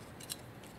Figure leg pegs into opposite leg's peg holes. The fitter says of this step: and they will lock into place.